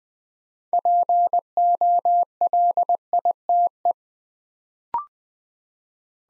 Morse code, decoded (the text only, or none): POLITE